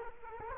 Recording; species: mosquito wingbeat signal from an infrared sensor; Culex quinquefasciatus